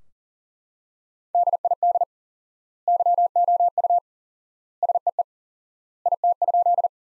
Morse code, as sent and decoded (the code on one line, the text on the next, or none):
-.. .. -.. / -.-- --- ..- / ... . . / .. - ..--..
DID YOU SEE IT?